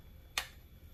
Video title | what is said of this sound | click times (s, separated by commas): Amazon Large Commercial Dustmop Review / Unboxing | there you go pops into place twist your coupler down to lock it in | 0.4 s